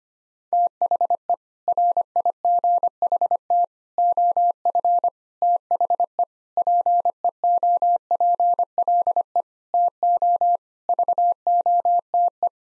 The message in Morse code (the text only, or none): THE RIGHT OF THE PEOPLE TO VOTE